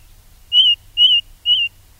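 Ring ouzel with three pure, slightly arched whistled notes spaced about half a second apart on a steady pitch, with a quiet background.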